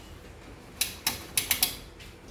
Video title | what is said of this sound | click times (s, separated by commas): LG CONTROLLER BOARD REPAIR, AUTOMATIC WASHING MACHINE | you can hear the clicking that means it is slotted properly | 0.8 s, 1.1 s, 1.4 s, 1.5 s, 1.6 s